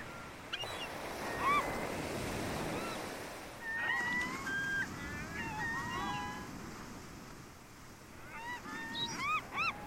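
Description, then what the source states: Gull calls, repeated yelping and mewing notes in bursts, with ocean surf washing in the background. Seagulls calling over ocean surf.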